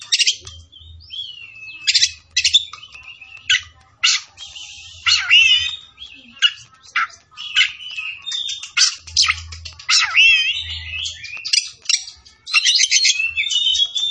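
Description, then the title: Oriental magpie-robin in energetic song, rapid series of sharp chips, buzzy notes and warbled whistles coming in quick bursts, with a low hum in the background. Tretes; singing vigorously, described as gacor. "Kacer Tretes"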